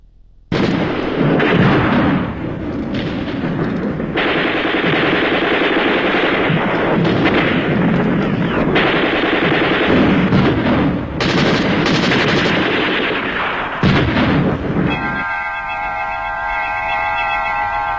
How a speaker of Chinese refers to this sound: 那些年月里，飞鸟早已习惯了枪声炮声，习惯了硝烟弥漫的天空，他们 却不曾见识过整个一座城市在颤栗着、摇撼着、倾斜着、旋转着。